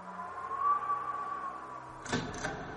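A long, wavering high-pitched creak of two door panels swinging on their hinges as a cold wind blows in, followed by two quick, rough clattering bursts as they shift. No one speaks.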